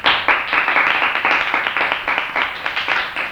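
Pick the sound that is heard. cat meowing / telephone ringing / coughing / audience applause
audience applause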